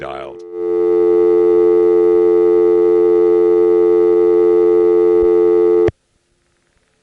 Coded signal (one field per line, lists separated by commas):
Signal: telephone call progress tone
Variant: North America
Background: speech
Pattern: dial tone